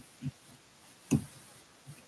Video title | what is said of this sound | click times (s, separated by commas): MK5N Module Unboxing, Initial Impressions, and Assembly - Tyler Holtzman 2056 | hear the satisfying click. | 1.1 s